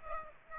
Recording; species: mosquito wingbeat signal from an infrared sensor; Aedes aegypti